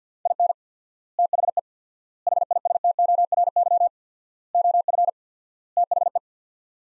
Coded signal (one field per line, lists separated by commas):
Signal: Morse code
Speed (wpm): 50 wpm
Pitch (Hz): 700 Hz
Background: none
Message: IN THE HISTORY OF THE